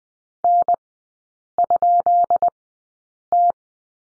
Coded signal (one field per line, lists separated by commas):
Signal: Morse code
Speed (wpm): 20 wpm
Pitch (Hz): 700 Hz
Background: none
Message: N?T